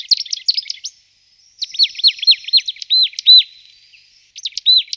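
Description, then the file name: Marsh tit chattering in a dense run of sharp high notes, a brief pause, then a steady series of arching chirps and a final short burst. "sýkora-babka"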